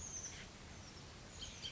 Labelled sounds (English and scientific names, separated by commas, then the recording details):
Bullock's Oriole (Icterus bullockii)
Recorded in Sonoma County, California